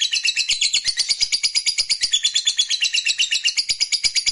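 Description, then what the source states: Lovebird song of quick, high, raspy chatter, steady pulsing notes running continuously throughout. Fighter lovebird, gacor (singing energetically).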